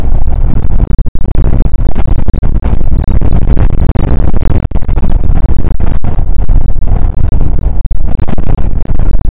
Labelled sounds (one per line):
wind